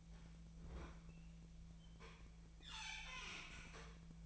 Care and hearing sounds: daily activity, microphone in the room; open fridge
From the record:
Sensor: 1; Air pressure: 1009.7 hPa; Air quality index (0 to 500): 194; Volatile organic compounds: 19 ppm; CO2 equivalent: 2652 ppm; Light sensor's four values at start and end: 31/78/33/39 and 31/78/33/39

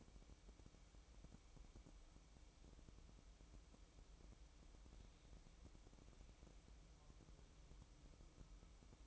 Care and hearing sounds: daily activity, microphone in the room; make coffee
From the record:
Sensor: 1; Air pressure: 1007.4 hPa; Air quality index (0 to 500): 80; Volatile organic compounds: 1 ppm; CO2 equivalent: 693 ppm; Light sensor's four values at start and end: 8/18/7/8 and 7/18/7/8

